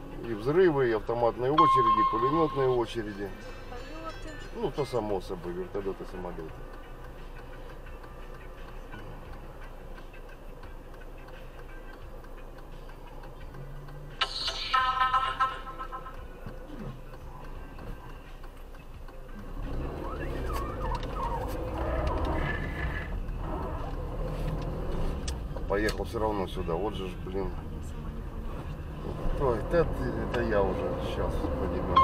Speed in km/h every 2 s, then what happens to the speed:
0, 0, 0, 0, 0, 0, 0, 0, 0, 1, 13, 8, 15, 16, 16, 25.
0-18 standing. 18-32 pulls away to 25.